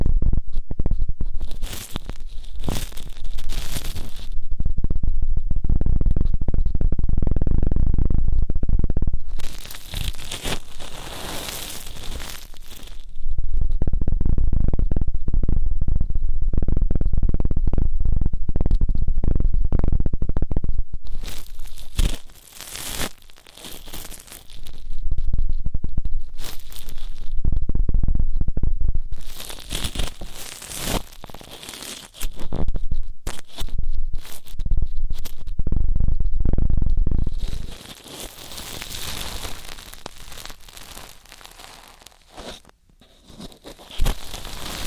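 Ear cleaning sounds come in loud bursts of scratchy, crinkling rubbing, each lasting several seconds, around 0–4, 9–13, 21–27, 29–36 and 37–43 seconds. Between bursts, softer rustling and low muffled thumps continue, and the overall texture stays dense and crackly.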